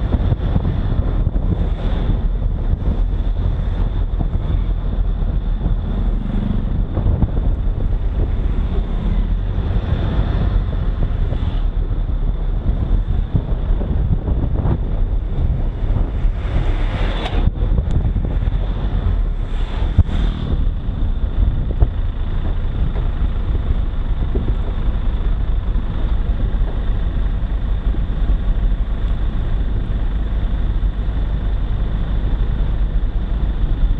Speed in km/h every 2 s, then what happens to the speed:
32, 33, 31, 30, 31, 31, 29, 26, 24, 21, 18, 14, 14, 13, 13, 12, 11.
0-10 steady at about 31. 10-22 slows to 14. 22-34 steady at about 13.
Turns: none.